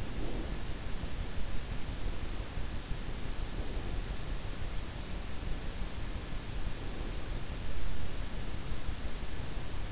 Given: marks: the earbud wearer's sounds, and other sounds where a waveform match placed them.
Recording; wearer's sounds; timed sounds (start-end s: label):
sounds in sleep by an in-ear microphone; breath
0.00-0.68 s: breath